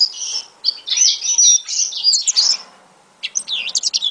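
African citril song, a rapid high twittering warble of slurred notes, pausing briefly before resuming at the end.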